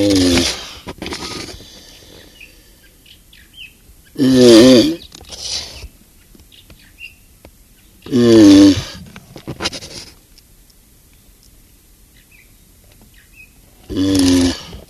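Galapagos tortoise groaning calls, four loud, rasping, harmonic bellows spread through the stretch, with faint bird chirps in the quiet gaps.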